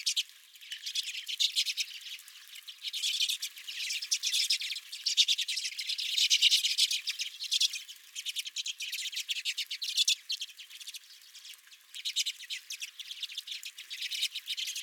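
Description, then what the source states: Redpolls calling as a flock, dense buzzy chattering and twittering notes in rapid overlapping bursts, rising and falling in loudness throughout. Redpolls at the recordist's feeder.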